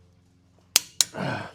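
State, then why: Torque reached. A Milwaukee torque wrench on an extension tightens a wheel bearing hub bolt on the front knuckle of a 2013–2018 Dodge Ram 3500 4x4 truck to 150. Two sharp, loud clicks sound at 0.8 s and 1.0 s after a quiet low hum, followed by a softer, broader noise. The wrench clicks at its setting, confirming the bolt has reached torque.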